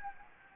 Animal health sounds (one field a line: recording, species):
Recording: mosquito wingbeat signal from an infrared sensor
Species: Anopheles gambiae